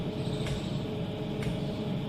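A fuse, pulled out again, is lined up from below into its socket in an electrical control panel, ready to be slid up and pressed home. Steady low background noise is heard, with two faint, brief handling sounds near 0.5 and 1.4 seconds. Nothing has seated or clicked yet.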